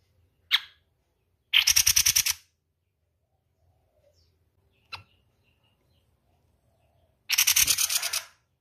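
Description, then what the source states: Spiderhunter giving two harsh, rattling bursts of rapid pulses, each about a second long, separated by a long quiet gap, with a few sharp clicks. Long, clear, continuous singing, recorded as tutor audio for training other birds.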